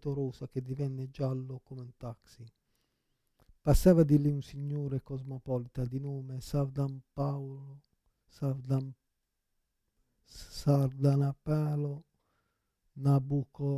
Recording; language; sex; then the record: read passage; Italian; male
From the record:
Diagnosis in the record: Parkinson's disease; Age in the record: 56 years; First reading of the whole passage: 87 s, 6.0 characters per second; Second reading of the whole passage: 67 s, 7.8 characters per second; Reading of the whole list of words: 59 s, 4.8 characters per second